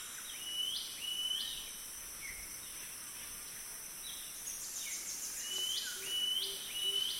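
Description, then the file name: Golden whistler singing clear whistled notes over a constant high hiss, with a soft low note repeated four times near the end. "golden whistler bird singing"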